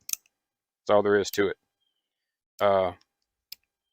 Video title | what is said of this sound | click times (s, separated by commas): Howell Conversion cylinder 45 colt for Pietta 1858 New Model Army | there it is locked on a uh in between chambers | 3.5 s